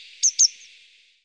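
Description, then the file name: Grey wagtail giving a sharp, high double call, two quick metallic notes a fraction of a second apart, then quiet. "Gebirgsstelze"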